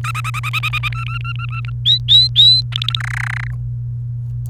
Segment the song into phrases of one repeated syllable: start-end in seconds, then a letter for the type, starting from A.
0.04-0.88 A, 0.92-1.70 B, 1.86-2.61 C, 2.72-3.00 D, 3.00-3.51 E